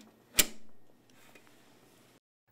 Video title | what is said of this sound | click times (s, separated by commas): Removing and replacing parts - HP EliteDesk 700 G1 Microtower PC - HP computer service - HP Support | Slide the drive or drive assembly upside down into the drive bay until till it snaps into place | 0.4 s